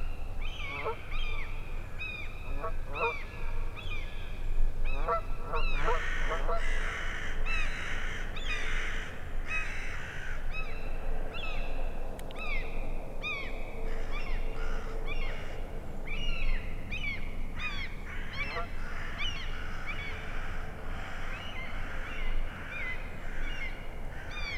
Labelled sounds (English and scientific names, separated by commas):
Common Gull (Larus canus) call